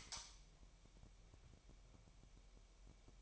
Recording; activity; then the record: daily activity, microphone in the room; light on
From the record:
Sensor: 1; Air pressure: 1001.9 hPa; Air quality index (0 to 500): 249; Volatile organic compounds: 54 ppm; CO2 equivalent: 3347 ppm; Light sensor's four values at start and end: 5/11/4/5 and 15/49/19/20